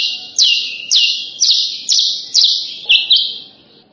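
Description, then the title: Horsfield's bush lark song: loud, rasping, downward-slurred notes repeated about twice a second, six or seven in a row, then fading at the end. "branjangan"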